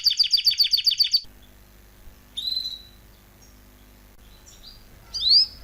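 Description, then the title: Canary song: a quick rattling trill for about a second, then scattered whistled notes and a sharp rising chirp near the end. Belgian canary, male, singing a lot; used to train and warm up young birds. "Canary Training Esquente Seu Filhote E Canario Belga Em 30 Minutos Macho Cantando Muito"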